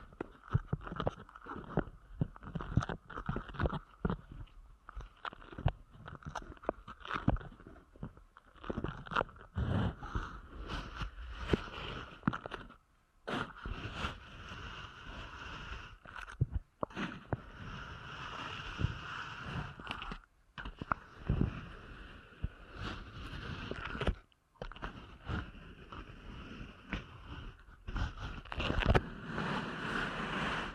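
Deep ear canal massage with dense, crackly rubbing and scratching, steady throughout, broken by brief silences near 13, 20 and 24 seconds.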